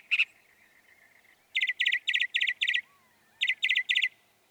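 Northern mockingbird song, brief: one sharp note, then short chattering bursts repeated in two quick groups.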